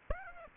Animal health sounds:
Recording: mosquito wingbeat signal from an infrared sensor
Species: Aedes aegypti

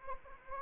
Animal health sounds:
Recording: mosquito wingbeat signal from an infrared sensor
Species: Anopheles arabiensis

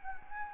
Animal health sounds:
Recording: mosquito wingbeat signal from an infrared sensor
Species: Anopheles gambiae

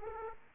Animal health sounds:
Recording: mosquito wingbeat signal from an infrared sensor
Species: Aedes aegypti

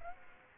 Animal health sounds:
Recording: mosquito wingbeat signal from an infrared sensor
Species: Aedes aegypti

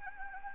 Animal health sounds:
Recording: mosquito wingbeat signal from an infrared sensor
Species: Anopheles gambiae

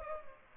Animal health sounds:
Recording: mosquito wingbeat signal from an infrared sensor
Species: Culex pipiens

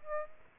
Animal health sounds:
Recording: mosquito wingbeat signal from an infrared sensor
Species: Aedes aegypti

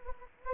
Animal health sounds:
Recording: mosquito wingbeat signal from an infrared sensor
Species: Anopheles gambiae

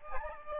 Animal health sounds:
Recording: mosquito wingbeat signal from an infrared sensor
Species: Aedes albopictus

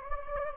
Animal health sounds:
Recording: mosquito wingbeat signal from an infrared sensor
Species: Anopheles gambiae

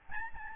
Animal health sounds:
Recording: mosquito wingbeat signal from an infrared sensor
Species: Aedes albopictus

